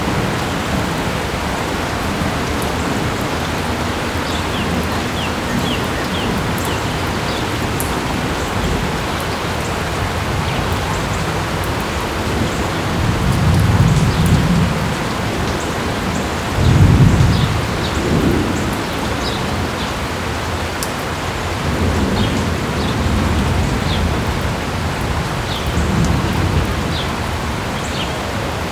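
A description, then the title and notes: Steady rain hisses evenly throughout, dense, with faint brighter ticks of drops scattered across the top. Low rumbles swell in the background around 14, 17, 22 and 26 seconds, like thunder or wind, before settling back. Crisp Clean Rainy Day.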